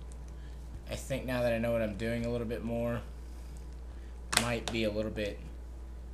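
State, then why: Not seated. An iPad is being handled into a Macally METROLPAD clear plastic protective case with silicone edges and grip while someone talks. A few faint ticks are heard, but the tablet has not snapped in yet; nothing has seated or clicked yet.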